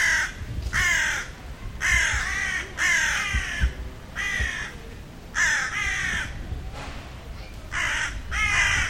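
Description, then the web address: Bird calls, a series of hoarse, harsh caws with short gaps between them. "Deverinetal 2025 File origin Bird Only"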